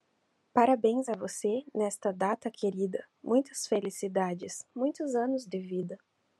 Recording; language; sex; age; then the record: short text; Brazilian Portuguese; female; 20 to 29 years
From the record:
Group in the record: control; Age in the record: 24 years